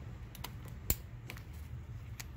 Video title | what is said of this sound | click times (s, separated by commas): 05 Hyundai Sonata 2.7L Radiator Replacement | Make sure it clicks. | 0.9 s